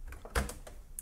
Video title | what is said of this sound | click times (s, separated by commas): FULL SETUP: Epson WorkForce Pro WF-4820 - Step by Step Guide | Glide it in and then take your finger and we'll need to push over here until it clicks and plays | 1.0 s